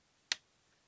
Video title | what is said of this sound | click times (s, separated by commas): Dewalt Black Friday (FREE TOOLS) | then it's locked into place | 0.3 s